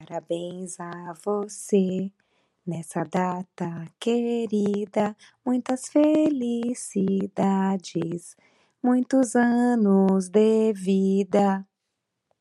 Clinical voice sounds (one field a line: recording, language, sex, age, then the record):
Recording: short text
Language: Brazilian Portuguese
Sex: female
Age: 50 to 59 years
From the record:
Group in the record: control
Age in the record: 52 years